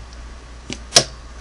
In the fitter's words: it snaps up so